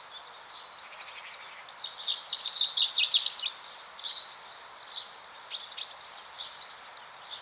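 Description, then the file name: Common chaffinch song: two busy bursts of song a few seconds apart, with many high chirps around them. "Fringilla coelebs"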